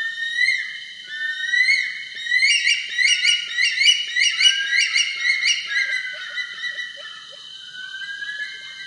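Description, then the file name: Bush stone-curlew calls: long wavering whistled wails building into a rapid series of rising, overlapping shrill notes, then trailing off into softer drawn-out whistles. "Bush Stone curlew Burhinus grallarius"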